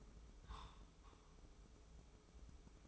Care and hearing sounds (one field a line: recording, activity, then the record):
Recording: daily activity, microphone in the room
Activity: take from stove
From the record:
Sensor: 1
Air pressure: 995.5 hPa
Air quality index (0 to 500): 30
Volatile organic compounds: 1 ppm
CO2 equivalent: 554 ppm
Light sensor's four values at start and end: 28/99/38/39 and 28/100/38/39